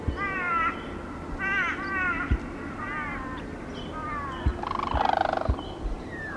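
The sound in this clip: Sarus crane calls: a run of harsh, arching harmonic notes in short bursts, then a louder rasping cry near the end over steady low background noise.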